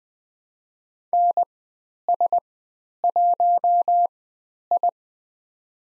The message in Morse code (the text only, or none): NS1I